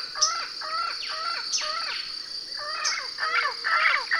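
Bird calls, a series of rough, stacked notes repeated about twice per second with a short pause midway, set against a constant shrill insect hum and faint ticks.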